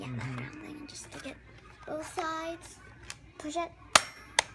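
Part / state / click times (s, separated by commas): xylophone accessory onto toy robot mounts / seated / 4.0 s, 4.4 s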